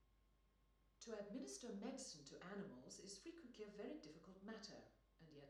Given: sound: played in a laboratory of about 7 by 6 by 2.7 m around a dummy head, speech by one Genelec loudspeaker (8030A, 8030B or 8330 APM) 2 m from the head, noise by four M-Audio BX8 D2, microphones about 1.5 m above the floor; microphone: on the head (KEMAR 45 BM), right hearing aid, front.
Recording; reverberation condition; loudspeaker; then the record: female speech in English; medium; 150 degrees to the right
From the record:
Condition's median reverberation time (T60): about 510 ms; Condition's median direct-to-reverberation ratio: about -0.5 dB